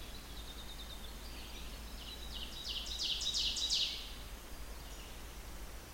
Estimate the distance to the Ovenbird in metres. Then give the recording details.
about 50 m. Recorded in boreal forest in Alberta, Canada, on 16 June 2016 at 05:40. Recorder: SongMeter 3, array SBT-3-32. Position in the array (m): 143 m, 145 m. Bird 37